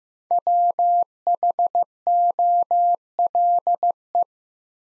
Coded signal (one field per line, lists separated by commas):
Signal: Morse code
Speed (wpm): 15 wpm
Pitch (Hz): 700 Hz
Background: none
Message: WHOLE